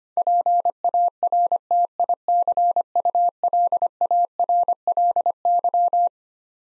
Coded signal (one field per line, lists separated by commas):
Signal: Morse code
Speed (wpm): 25 wpm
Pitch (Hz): 700 Hz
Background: none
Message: PARTICULARLY